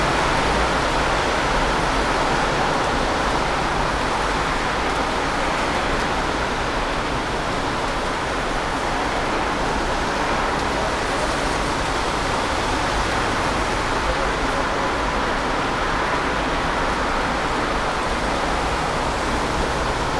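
Cars drive through a steady rainy downpour, the hiss of water and tires blending into one dense, unbroken wash. The sound stays level for the whole stretch, full in the middle and upper range, with a low hum of traffic underneath and no distinct passing events.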